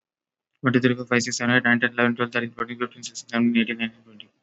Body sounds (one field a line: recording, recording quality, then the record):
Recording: counting at a fast pace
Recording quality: excellent, no background noise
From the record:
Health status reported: healthy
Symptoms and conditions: none ticked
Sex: male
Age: 19 years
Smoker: not ticked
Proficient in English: yes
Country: India